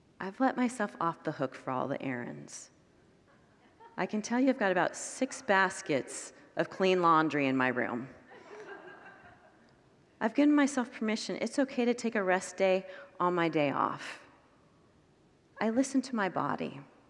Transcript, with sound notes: I’ve let myself off the hook for all the errands. I can tell you I’ve got about six baskets of clean laundry in my room. [Congregants laugh] I’ve given myself permission. It’s okay to take a rest day on my day off. I listened to my body.